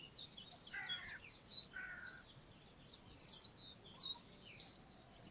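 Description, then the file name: Eurasian blackcap calls: hard, very high ticking notes given singly at irregular intervals, with lower harsh calls between some of them. "Sylvia atricapilla"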